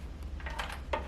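A liquid tank is pulled off the body of a handheld Victory sprayer after the knob is unlocked and the loop is pulled back. Faint scraping and knocking build up over the first second, then a sharp hit at 0.9 s marks the tank coming free.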